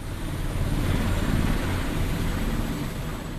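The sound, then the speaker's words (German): A Super Puma helicopter in flight from Stavanger airport out to the Sleipner A drilling platform in the North Sea, carrying oil workers; its engine and rotor form a steady, dense low rumble with a broad rushing hiss above, holding at an even loudness throughout with no voices. “Knapp eine Stunde braucht der Hubschrauber vom Flughafen in Stavanger bis hinaus zur Bohrinsel Sleipner A.”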